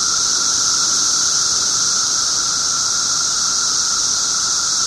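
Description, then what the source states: Periodical cicadas in a dense, steady chorus, a continuous high shrill hiss with a fainter droning band beneath, unbroken throughout. 17-year cicadas, recorded 18 June 2007 at 1:00 pm.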